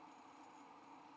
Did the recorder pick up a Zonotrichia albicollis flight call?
no